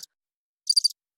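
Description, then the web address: Cricket chirp: a single high chirp of three or four fast pulses, preceded by a brief trailing fragment, otherwise silent. "sound-effects-bible Cricket Single Chirp"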